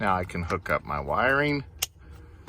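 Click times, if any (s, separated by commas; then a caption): 1.8 s. A man talks as the clock spring wiring connector on a 2007 Yukon is plugged back into its plastic socket on the steering column harness. A sharp click at 1.8 s confirms the connector has locked in place.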